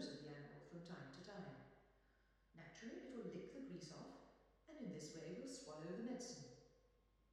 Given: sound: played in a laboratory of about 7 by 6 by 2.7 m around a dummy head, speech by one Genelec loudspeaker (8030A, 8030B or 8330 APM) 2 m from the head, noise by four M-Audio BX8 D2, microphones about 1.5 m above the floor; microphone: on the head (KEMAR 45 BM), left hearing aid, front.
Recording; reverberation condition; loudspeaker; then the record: female speech in English; high; behind (180 degrees)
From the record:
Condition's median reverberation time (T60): about 1300 ms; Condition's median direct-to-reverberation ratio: about -4.0 dB